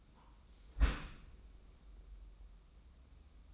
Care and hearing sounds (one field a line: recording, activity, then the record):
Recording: daily activity, microphone in the room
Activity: close dishwasher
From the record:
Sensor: 1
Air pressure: 994.4 hPa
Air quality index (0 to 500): 219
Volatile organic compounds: 1000 ppm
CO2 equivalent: 7888 ppm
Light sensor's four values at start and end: 155/357/160/178 and 155/357/160/178